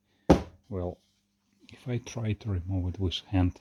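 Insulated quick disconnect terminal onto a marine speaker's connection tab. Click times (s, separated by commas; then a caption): 0.3 s. A branded insulated female quick disconnect crimp terminal is pushed onto the metal connection tab of a marine speaker and clicks sharply into place at 0.3 s, locking on. Someone then talks while trying to pull the terminal off by hand, and it stays seated.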